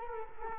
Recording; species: mosquito wingbeat signal from an infrared sensor; Culex quinquefasciatus